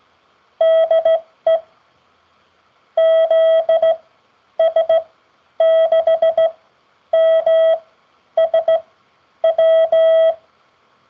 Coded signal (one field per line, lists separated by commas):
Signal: Morse code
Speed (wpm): 15 wpm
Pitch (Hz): 650 Hz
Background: none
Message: DE ZS6MSW